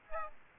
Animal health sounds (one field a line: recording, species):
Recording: mosquito wingbeat signal from an infrared sensor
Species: Aedes aegypti